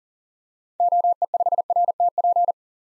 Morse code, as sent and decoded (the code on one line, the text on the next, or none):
--- . ..... .-. - .--.
OE5RTP